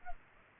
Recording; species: mosquito wingbeat signal from an infrared sensor; Culex pipiens